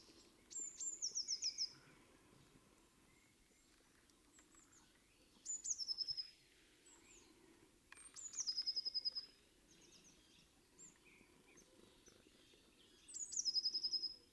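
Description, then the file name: Eurasian blue tit song: four phrases, each a high thin opening note dropping into a fast, even trill, repeated every few seconds. "Cyanistes caeruleus"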